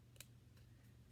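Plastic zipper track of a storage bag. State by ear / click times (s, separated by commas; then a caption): seated / 0.2 s. The plastic zipper track of a storage bag holding cards is pinched shut until it clicks, after which the fingers slide along from there to close it. Two short, sharp ticks are heard close together, a faint one at 0.2 s and a louder one at 0.2 s, the louder one being the click. The zipper seal is seated and clicked closed.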